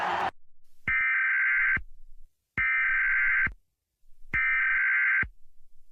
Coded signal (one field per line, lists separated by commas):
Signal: Emergency Alert System (SAME) tones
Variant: header bursts